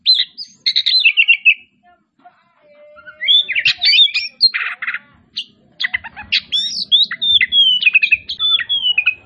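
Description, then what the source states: Oriental magpie-robin song: a quick whistled phrase, a short pause, then a long run of varied whistles, trills and harsh chattering notes. Labelled 'Kacer Tretes'; described as gacor (singing continuously and vigorously).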